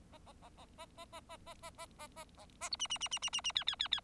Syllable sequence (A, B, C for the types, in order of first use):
A A A A A A A A A A A A A A A B C C C C C C C D D D D